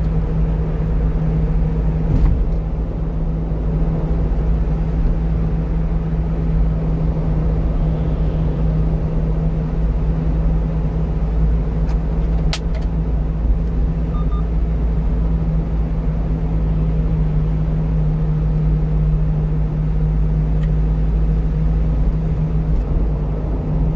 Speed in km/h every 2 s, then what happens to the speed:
66, 67, 67, 66, 66, 67, 68, 67, 64, 64, 65, 63.
0-24 steady at about 66.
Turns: none.